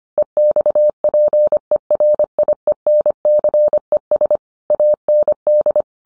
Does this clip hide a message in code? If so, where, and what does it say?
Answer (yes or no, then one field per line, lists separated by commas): yes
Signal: Morse code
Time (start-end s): 0.2-5.8 s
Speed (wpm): 25 wpm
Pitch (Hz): 600 Hz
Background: none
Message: EXPERIENCES AND